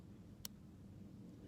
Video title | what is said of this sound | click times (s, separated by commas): Hot shoe flash : The Basics; How to, It’s Purpose... | very subtle but it does lock and it doesn't come off very easy that's the whole point of it | 0.5 s